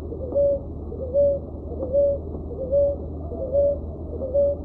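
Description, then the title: Dove giving a low hooting coo, a short flat note repeated steadily a little more than once a second, over a constant low hum. "Juriti"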